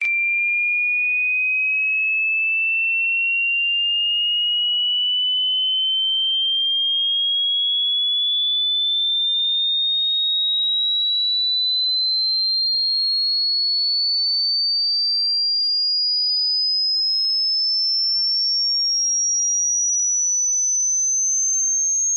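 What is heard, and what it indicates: A tinnitus sound effect: a single pure, high-pitched tone that glides slowly and steadily upward in pitch from start to end.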